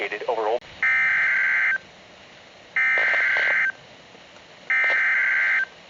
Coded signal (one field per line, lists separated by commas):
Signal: Emergency Alert System (SAME) tones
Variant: header bursts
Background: speech